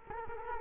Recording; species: mosquito wingbeat signal from an infrared sensor; Culex quinquefasciatus